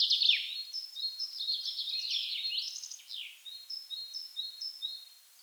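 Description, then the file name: Common chaffinch song opening with a loud descending trill, then a run of short evenly spaced high notes repeated several times. "Fringilla coelebs"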